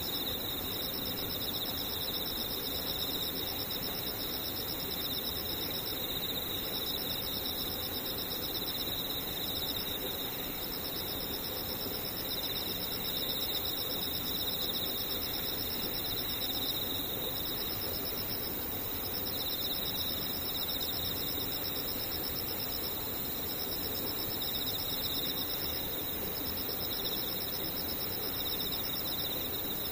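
Insects trill in a steady, unbroken chorus of high, rapidly pulsing tones, layered over a soft low rumble that holds throughout.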